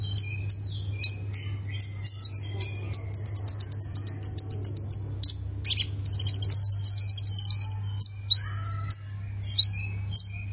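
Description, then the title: Plain prinia song mixing scattered high chirps, quick rattled trills and thin wavering notes, ending with sweeping slurred whistles; a low steady hum runs underneath. "Ciblek Sawah"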